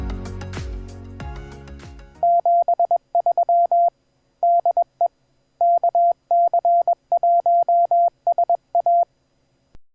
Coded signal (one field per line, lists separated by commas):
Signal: Morse code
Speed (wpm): 21 wpm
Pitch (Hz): 690 Hz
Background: music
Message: 73 DE KC1SA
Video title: Two Radio use with JTDX & JTAlert